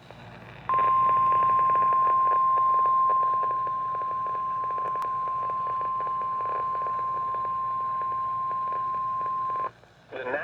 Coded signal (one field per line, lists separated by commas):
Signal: Emergency Alert System (SAME) tones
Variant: 1050 Hz attention tone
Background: speech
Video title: Severe Thunderstorm Warning on KEC-60 (EAS #81)